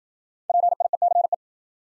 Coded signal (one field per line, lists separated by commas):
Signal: Morse code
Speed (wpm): 53 wpm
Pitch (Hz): 700 Hz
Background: none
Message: PIECE